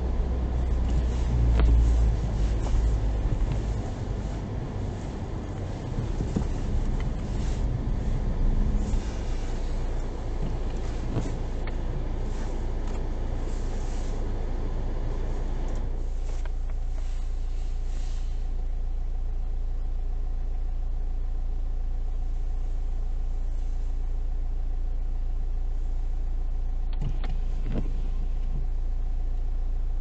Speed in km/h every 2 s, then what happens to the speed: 9, 8, 8, 4, 0, 0, 0, 0, 0, 0, 0, 0, 0, 0, 0.
0-5 steady at about 8. 5-7 brakes to 0. 7-30 standing.